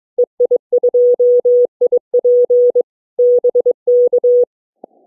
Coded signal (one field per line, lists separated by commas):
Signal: Morse code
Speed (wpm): 22 wpm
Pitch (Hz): 490 Hz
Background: none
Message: EI2IP BK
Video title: So much for going to bed early, two new DXCC worked tonight #hamradio